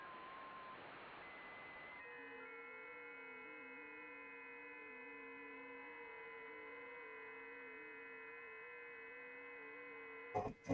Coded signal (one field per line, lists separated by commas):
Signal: FT8